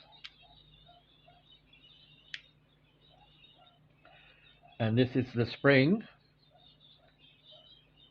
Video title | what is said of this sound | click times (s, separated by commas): Corgi Toys Medrcedes Benz 220SE | that will snap into place. | 2.3 s